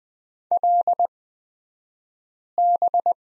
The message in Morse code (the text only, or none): LB